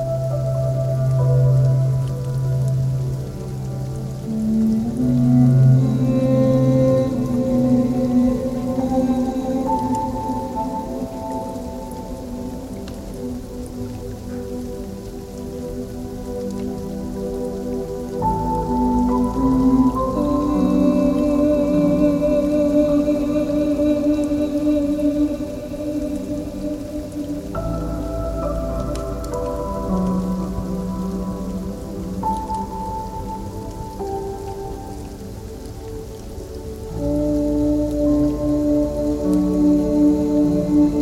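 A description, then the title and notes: Steady rain patters through the whole clip, a dense, even hiss without gaps. Beneath it run sustained, humming low tones that shift pitch in slow steps, with a deeper rumble swelling in around 18, 27 and 37 seconds. 30 Minutes of rain sounds.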